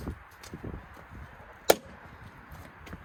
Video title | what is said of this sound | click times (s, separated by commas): INSTALLING CARBON MIRRORS & DYNAMIC INDICATORS ON MY AUDI RS3 8P! | that makes sense and then you've got to basically just push hard down here and it will click in so | 1.7 s